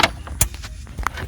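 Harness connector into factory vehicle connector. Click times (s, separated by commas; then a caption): 0.4 s, 1.1 s. An amplifier loopback harness connector is pushed by hand into the factory connector of a 2020 Ford F-250 without the Sony system, a short sharp tap opening the clip. Snapping clicks are heard at 0.4 s and 1.1 s as the connector seats, confirming it is fully snapped in.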